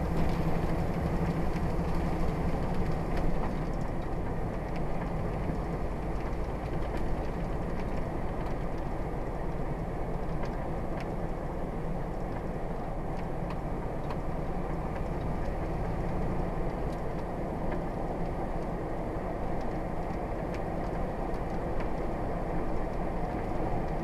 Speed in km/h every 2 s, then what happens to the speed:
45, 44, 45, 45, 45, 45, 48, 53, 55, 58, 58, 60.
0-10 steady at about 45. 10-24 speeds up to 60.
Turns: none.